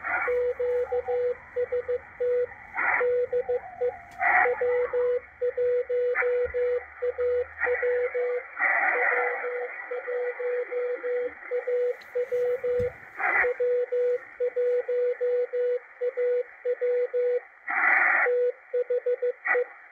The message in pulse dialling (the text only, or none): none